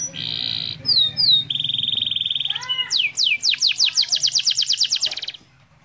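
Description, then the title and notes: Canary song with a varied sequence: a steady trill, paired downslurs, a sustained buzzy tone, then a fast descending rattle fading out. Canary master song for training birds. "Suara Burung Kenari Masteran. master suara burung kenari mantap"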